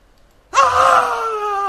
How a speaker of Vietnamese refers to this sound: Diều Thành Dương lại gào lên một tiếng, liền lăn một vòng bò dậy và cố gắng để bỏ chạy.